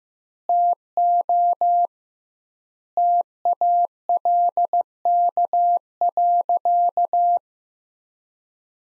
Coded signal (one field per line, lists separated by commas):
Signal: Morse code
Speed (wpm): 16 wpm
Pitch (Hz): 700 Hz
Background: none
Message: TO TALK.